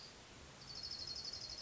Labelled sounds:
Orange-crowned Warbler
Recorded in Sonoma County, California

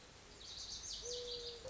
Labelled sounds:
Mourning Dove
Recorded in Sonoma County, California

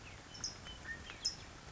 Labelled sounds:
California Towhee
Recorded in Sonoma County, California

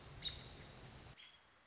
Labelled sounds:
American Robin
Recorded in Sonoma County, California

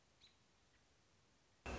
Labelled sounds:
American Robin
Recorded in Sonoma County, California

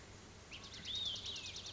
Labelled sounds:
Olive-sided Flycatcher
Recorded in Sonoma County, California

